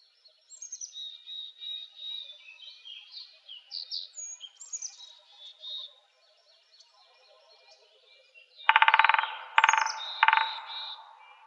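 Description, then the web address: Williamson's sapsucker drumming: a few rapid bursts of hammering near the end, after several seconds of varied chirping and warbled phrases from other birds. Drumming, recorded on 23 May 2007. "Woodpeckers. WISA DRUM deviche. 052307"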